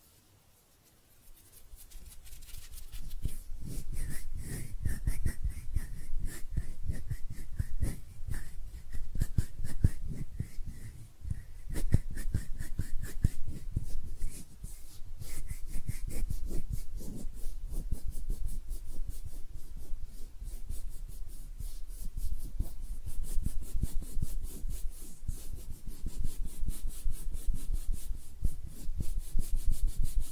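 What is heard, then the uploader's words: Hands rub and brush together in a dense, continuous stream of soft crackling friction, starting after a quiet first second or two. A faint steady tone sits above the rubbing from about 3 to 13 seconds, briefly returning near 16 seconds. ASMR Relaxing Hand Sounds (No Talking).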